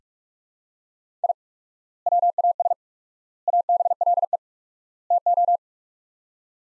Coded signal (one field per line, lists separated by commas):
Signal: Morse code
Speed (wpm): 42 wpm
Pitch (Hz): 700 Hz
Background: none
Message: I WAS ABLE TO